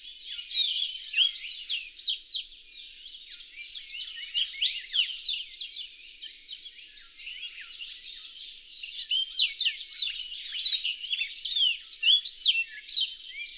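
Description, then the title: Reunion olive white-eye giving a long, dense, continuous twittering song of thin, high, rapid notes, rising and falling in loudness throughout. "kicau pleci reunion olive white eye"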